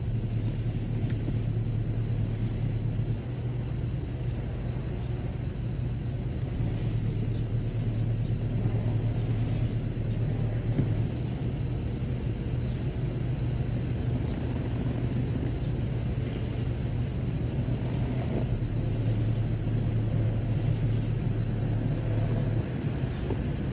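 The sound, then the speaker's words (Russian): Two car engines idle steadily side by side at a traffic light, a low, continuous rumble with a droning hum that holds at an even loudness for the whole stretch, with no voices. “Светофор. Машина Патрика и Джо стали друг возле друга.”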